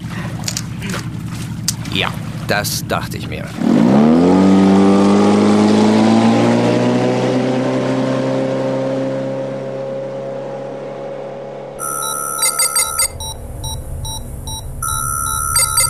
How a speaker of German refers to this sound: Wir sind mitten auf dem Atlantik und ihr seid auf meinem Boot.